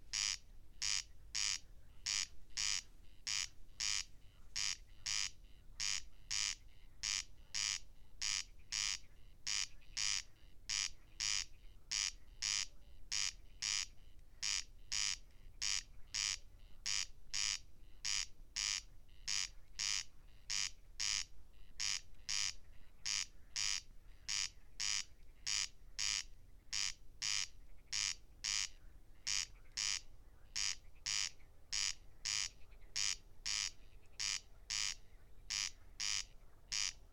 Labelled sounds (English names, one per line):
Corn Crake song